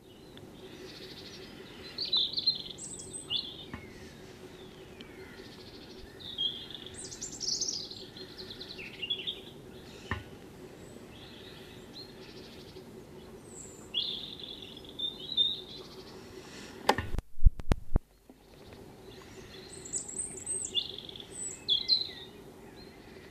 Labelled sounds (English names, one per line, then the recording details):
Common Blackbird
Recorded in the wild
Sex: male
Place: Kaiserslautern, Rheinland-Pfalz, DE
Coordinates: 49.42, 7.75
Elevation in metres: 279
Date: 1976-03-26
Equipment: Nagra IV, Sennheiser MKH 405, Parabolreflektor
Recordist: Tretzel, Erwin